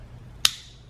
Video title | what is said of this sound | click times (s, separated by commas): Complete Glock Slide Disassembly | my pin out of there and then you'll hear it click right there that lets you know that everything was in place | 0.5 s